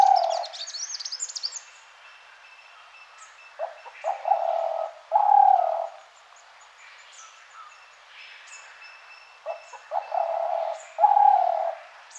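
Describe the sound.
Spotted dove cooing in repeated phrases of short stuttered notes ending in a long drawn coo, among steady high twittering and chirps of other birds.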